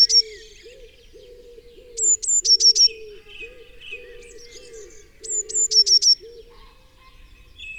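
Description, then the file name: Eurasian blue tit singing two phrases of thin high notes ending in a rapid trill, with a dove cooing steadily underneath and other birds chirping faintly. "Cyanistes caeruleus"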